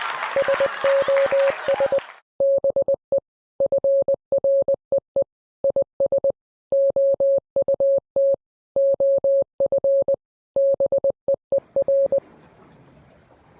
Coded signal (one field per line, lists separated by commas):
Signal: Morse code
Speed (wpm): 20 wpm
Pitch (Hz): 550 Hz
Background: none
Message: SOS BE FREE IS OUT OF BEER